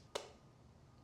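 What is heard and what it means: A new directional oil filter is pushed into the filter housing in a dirt bike engine case, with its little black rubber end facing the back. A single sharp click sounds at 0.2 s and fades quickly over a low background hum. The filter is seated.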